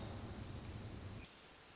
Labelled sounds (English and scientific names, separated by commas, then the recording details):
Hermit Thrush (Catharus guttatus)
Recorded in Sonoma County, California